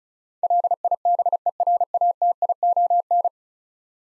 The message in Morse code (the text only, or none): LIBERATION